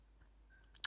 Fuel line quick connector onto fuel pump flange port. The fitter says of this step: uh fuel line here you just connect it down make sure it clicks